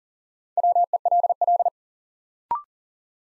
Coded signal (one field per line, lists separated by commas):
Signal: Morse code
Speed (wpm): 40 wpm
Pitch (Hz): 700 Hz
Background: none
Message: WELL